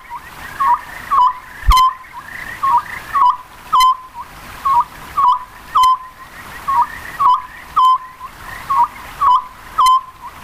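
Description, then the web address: Oriental scops owl calling steadily, a phrase of three short hoots about every two seconds, with occasional sharp clicks. "birds konohazuku"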